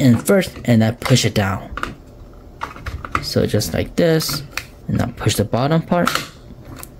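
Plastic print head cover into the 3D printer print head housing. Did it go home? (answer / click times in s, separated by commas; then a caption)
yes / 6.8 s. A plastic print head cover is fitted onto the print head housing of an Anycubic Kobra 3 3D printer. Its two top clips are hooked in first, then the bottom of the cover is pushed down. Someone talks throughout, and the cover's clips snap home with a click at 6.8 s, seating it.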